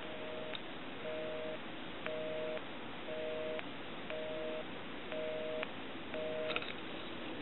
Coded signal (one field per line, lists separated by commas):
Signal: telephone call progress tone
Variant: North America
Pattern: busy tone